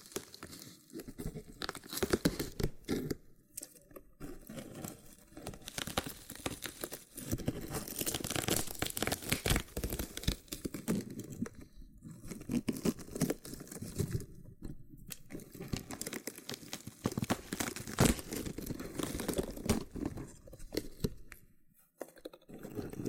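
Loofah sounds: dense, scratchy rasping and crinkly peeling that runs almost continuously, with quick bursts of tearing and crunchy snaps scattered throughout. Brief silent gaps break the texture around 4, 12, 15 and 22 seconds, and the level swells and dips irregularly.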